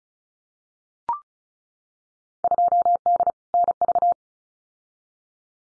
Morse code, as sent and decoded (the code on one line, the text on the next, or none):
..--- -.. / -. ...-
2D NV